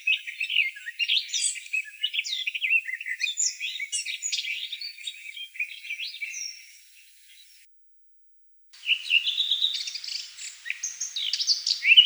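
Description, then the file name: Eurasian blackcap song, long bursts of busy scratchy warbling with high chirps, a silent gap of about a second, then more lively warbling. "Slavka chernogolovaja"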